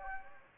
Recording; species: mosquito wingbeat signal from an infrared sensor; Anopheles gambiae